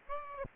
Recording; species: mosquito wingbeat signal from an infrared sensor; Aedes aegypti